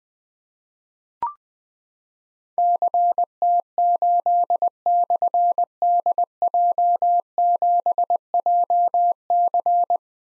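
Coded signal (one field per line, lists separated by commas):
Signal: Morse code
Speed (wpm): 20 wpm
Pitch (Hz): 700 Hz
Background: none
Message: CT8/DJ7JC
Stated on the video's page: Morse code call sign drill at 20 wpm of difficult slashed call signs for keyboard or pencil copy; each sent, spoken, then sent again.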